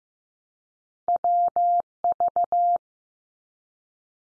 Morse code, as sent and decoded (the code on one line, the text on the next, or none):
.-- ...-
WV